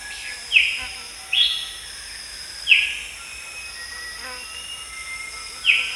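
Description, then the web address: Moustached babbler calls: short bright downslurred notes, four in six seconds at uneven gaps, over a steady high insect drone. Recorded at Danum on 1 January 2008. "DANUM 20080101. moustached babbler"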